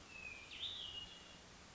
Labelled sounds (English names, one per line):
Hermit Thrush